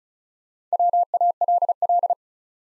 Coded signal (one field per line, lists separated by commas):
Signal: Morse code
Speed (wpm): 36 wpm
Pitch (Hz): 700 Hz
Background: none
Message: WALL